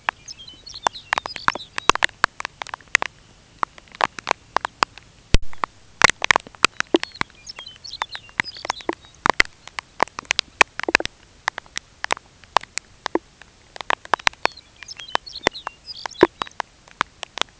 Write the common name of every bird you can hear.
Lapland Longspur, Dunlin